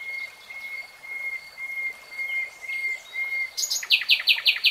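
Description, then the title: Nightingale song opening with long pure whistled notes repeated in a slow series, then a sudden loud burst of fast repeated pulsed notes. Nightingale singing, real time. "[Tiếng chim hót] Nightingale Singing"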